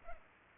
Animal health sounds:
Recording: mosquito wingbeat signal from an infrared sensor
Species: Culex pipiens

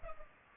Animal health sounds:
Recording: mosquito wingbeat signal from an infrared sensor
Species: Culex pipiens

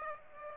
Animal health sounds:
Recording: mosquito wingbeat signal from an infrared sensor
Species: Aedes aegypti

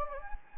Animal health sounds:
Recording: mosquito wingbeat signal from an infrared sensor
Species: Anopheles gambiae

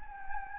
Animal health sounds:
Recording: mosquito wingbeat signal from an infrared sensor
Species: Anopheles gambiae

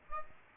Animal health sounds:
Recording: mosquito wingbeat signal from an infrared sensor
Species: Aedes aegypti

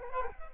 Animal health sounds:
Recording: mosquito wingbeat signal from an infrared sensor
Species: Culex quinquefasciatus

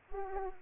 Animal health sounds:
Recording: mosquito wingbeat signal from an infrared sensor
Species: Aedes aegypti

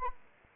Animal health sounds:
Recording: mosquito wingbeat signal from an infrared sensor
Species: Anopheles arabiensis

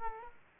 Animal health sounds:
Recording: mosquito wingbeat signal from an infrared sensor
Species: Aedes aegypti

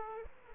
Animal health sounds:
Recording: mosquito wingbeat signal from an infrared sensor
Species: Aedes aegypti

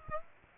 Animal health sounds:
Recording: mosquito wingbeat signal from an infrared sensor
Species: Aedes aegypti

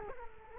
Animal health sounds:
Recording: mosquito wingbeat signal from an infrared sensor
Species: Culex quinquefasciatus

